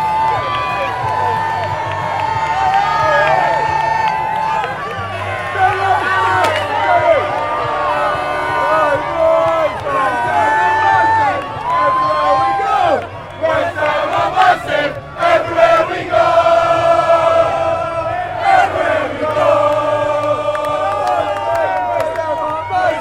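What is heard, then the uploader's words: Crowds gather outside the Black Lion in Plaistow, London, as West Ham's open top bus passes after the Europa Conference League Final. A dense, steady mass of voices sings and shouts over a low rumble, with a brief lull near thirteen seconds and sharp cheers following. Outside the Black Lion in Plaistow, London, UK, at 7.45pm. For the passing of the open top bus following West Ham’s victory in the Europa Conference League Final – by Alan Ha.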